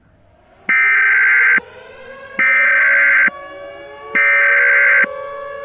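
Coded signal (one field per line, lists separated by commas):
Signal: Emergency Alert System (SAME) tones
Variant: header bursts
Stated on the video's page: Mock alert with a fictional scenario, made with valid EAS tones.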